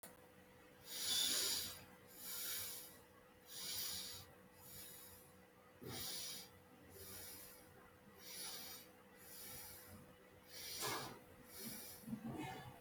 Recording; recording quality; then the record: shallow breathing; excellent, no background noise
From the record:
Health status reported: healthy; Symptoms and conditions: none ticked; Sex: male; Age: 29 years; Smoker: not ticked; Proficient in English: yes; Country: India